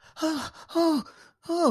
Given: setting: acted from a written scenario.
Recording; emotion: vocal sound without words; distress